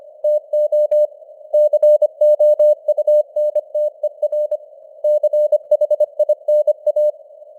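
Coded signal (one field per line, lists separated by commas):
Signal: Morse code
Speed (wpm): 25 wpm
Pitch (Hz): 600 Hz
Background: none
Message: TO COUNTER CHINA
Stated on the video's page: Morse news headlines at 25wpm with simulated radio noise and varying signal strength (QSB).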